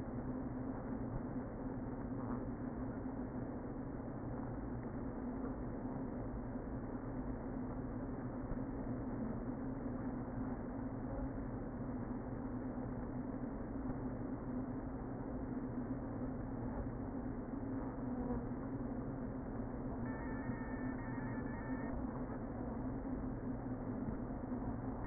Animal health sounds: honeybee colony, microphone inside the hive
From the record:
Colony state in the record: queen present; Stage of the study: before two queens were removed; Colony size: about 60,000 bees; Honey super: yes

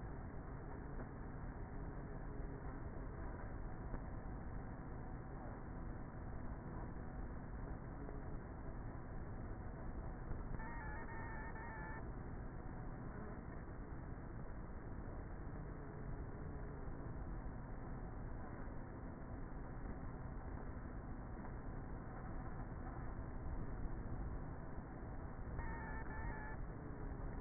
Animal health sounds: honeybee colony, microphone inside the hive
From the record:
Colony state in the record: queenless with a low population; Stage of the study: before two queens were removed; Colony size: about 30,000 bees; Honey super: no

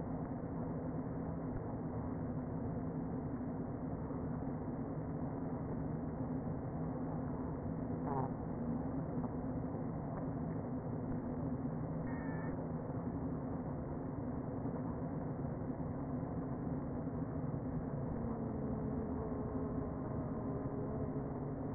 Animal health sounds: honeybee colony, microphone inside the hive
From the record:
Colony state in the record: queen present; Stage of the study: before two queens were removed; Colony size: about 60,000 bees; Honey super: yes

